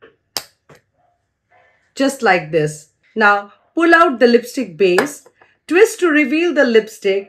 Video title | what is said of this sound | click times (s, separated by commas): Earth Rhythm Skincare Review #skincare #hyaluronicacid #happywomensday #viral | you have to press the top of the lipstick bullet till you hear a click | 0.4 s